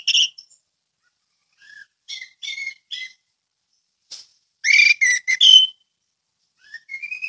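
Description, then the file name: Orange-headed thrush song: sparse, quieter phrases of short twittering notes and thin whistles, with a louder chattering burst midway. Ngeplong song style. "anis merah ngeplong"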